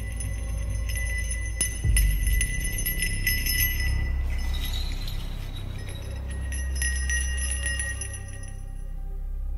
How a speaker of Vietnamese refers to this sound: Tiếng chuông lại một lần nữa leng keng theo pháp chú.